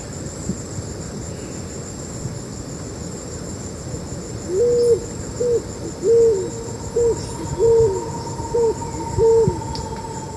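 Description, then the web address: Scaled pigeon calling: seven short, low, hollow coos in an evenly spaced series over about five seconds, with a steady high insect whine in the background. Ecuador. "Birds of Ecuador. Scaled Pigeon"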